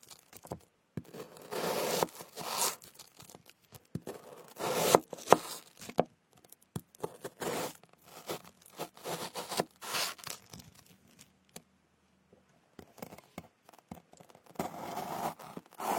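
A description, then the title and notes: Someone cutting fruit, heard as a run of short, crisp slicing and tearing sounds that come in irregular bursts throughout. Some strokes are sharp and bright, others softer and crinkly, with brief silent gaps between them, the longest around twelve seconds. Cutting fruits.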